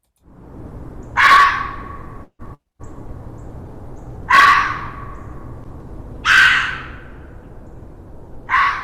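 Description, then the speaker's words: Red Fox screams: a few harsh, hoarse single cries a few seconds apart, each loud burst fading quickly against a steady background hiss. Calling for mates in late winter, including in suburban and urban areas; a nocturnal noise. "It's a red fox. And in late winter, you'll be hearing these guys calling as for mates and stuff like that."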